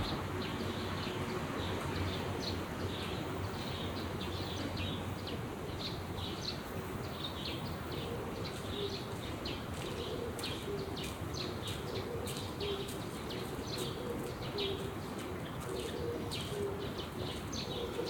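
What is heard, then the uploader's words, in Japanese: Pigeons in a weekday park, their soft low cooing repeating every second or two through the second half. A steady wash of traffic fills the background, with brief bright chirps and rustles scattered throughout. 平日の公園と鳩 – Park and pigeons。平日午後の都内の公園で録音しました、鳩が休憩したり羽ばたいていく音など長閑な？日常の音です。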